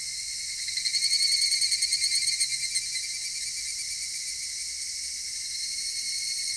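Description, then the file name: Cicadas calling: a loud throbbing pulsed phrase early on fades back into a sustained shrill buzzing drone. Cicadas recorded in Japan. "Cigales nippon"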